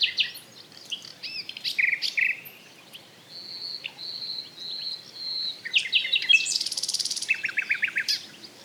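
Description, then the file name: Common nightingale song: rapid varied phrases, then a run of long pure whistles, a harsh buzzy burst and a fast rattling trill. "Luscinia megarhynchos"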